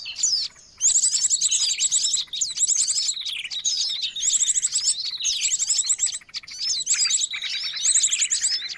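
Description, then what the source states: Birds in a loud twittering chorus, rapid high trills and chirps repeated in bursts. Noisy bird sounds used as a lure for trapping birds.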